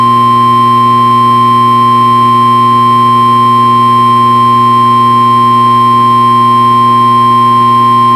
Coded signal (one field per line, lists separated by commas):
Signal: Emergency Alert System (SAME) tones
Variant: 1050 Hz attention tone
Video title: CRP Required Weekly Test on WXK26 (EAS 479) - 05/18/2022